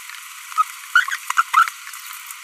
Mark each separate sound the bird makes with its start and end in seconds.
0.58-0.62, 0.95-1.04, 1.37-1.42, 1.54-1.69